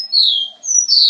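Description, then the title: Javan bush lark giving drawn-out high whistles, the first falling slowly in pitch, then two more after a short pause. "Suara Burung Branjangan"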